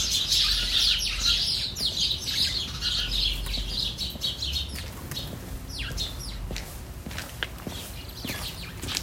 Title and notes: 9 Rue Pascal Tavernier, 42000 Saint-Étienne, France - starling & cat. étourneaux (starling) dans un massif puis arrivée d'un chat